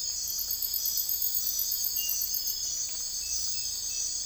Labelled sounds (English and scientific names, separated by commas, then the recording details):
none
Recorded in secondary vegetation near Puerto Asís, Putumayo, Colombia, on 21 December 2024 at 03:30
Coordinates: 0.484, -76.319
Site GP06